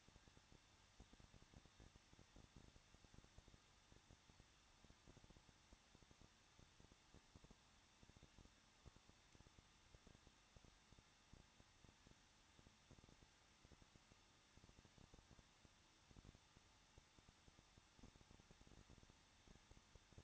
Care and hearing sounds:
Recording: daily activity, microphone in the room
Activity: no activity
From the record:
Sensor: 3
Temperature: 21.2 degrees Celsius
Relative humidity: 36.3%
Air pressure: 1006.3 hPa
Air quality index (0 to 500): 221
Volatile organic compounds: 40 ppm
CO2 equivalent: 3145 ppm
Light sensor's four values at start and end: 2/3/2/2 and 2/3/2/2

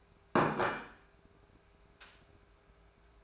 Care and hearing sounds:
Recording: daily activity, microphone in the room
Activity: place plate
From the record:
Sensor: 2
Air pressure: 1015.0 hPa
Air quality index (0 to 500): 205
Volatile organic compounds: 20 ppm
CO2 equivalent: 2703 ppm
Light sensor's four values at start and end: 14/33/14/15 and 14/34/14/15

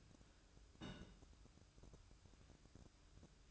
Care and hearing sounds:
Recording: daily activity, microphone in the room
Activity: place on stove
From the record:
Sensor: 2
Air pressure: 1008.0 hPa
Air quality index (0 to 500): 107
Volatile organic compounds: 1 ppm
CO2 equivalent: 806 ppm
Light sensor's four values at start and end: 6/15/6/6 and 6/15/6/6

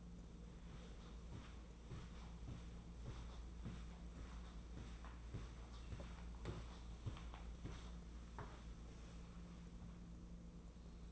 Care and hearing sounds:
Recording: daily activity, microphone in the room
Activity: walk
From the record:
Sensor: 1

